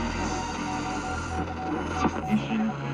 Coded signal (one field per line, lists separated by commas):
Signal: Morse code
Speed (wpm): 26 wpm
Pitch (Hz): 750 Hz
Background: speech, music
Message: ROCKS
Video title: Saturday Night DXing Live [1/31/2026]